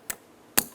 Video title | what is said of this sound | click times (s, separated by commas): How to Replace Front Power Window Motors 2007-2012 Nissan Versa | Listen for a click. Give them a tug. | 0.1 s, 0.6 s